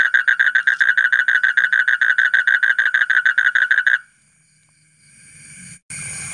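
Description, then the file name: Asian common toad's fast pulsed trill for about four seconds, then silence followed by a rising hiss. "suara kodok bangkong kolong kodok buduk"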